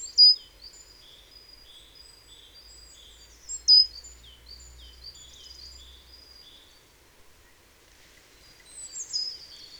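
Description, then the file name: Great tit calls: a quick string of thin high notes with sharp accented notes between them, then a pause and a final burst of high downslurred notes. "Parus major"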